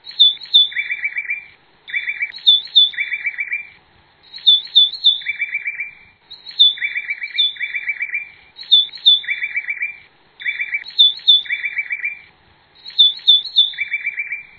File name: canto do uirapuru De Peito Branco